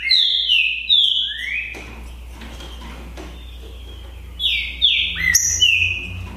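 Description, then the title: Green-winged saltator with clear falling whistles in short bursts at the start and end, a faint gap between, and a constant low hum underneath. Song contest (disputa) between trinca-ferro birds Naval and Demolidor, 2022 season; birds calling, singing and showing male display behaviour (macheando). "É UMA DISPUTA DE TRINCA FERRO PERFEITA!! NAVAL VS DEMOLIDOR 2022!"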